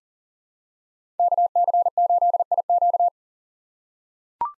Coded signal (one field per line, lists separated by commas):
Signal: Morse code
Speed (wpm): 40 wpm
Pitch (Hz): 700 Hz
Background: none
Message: KC8IQ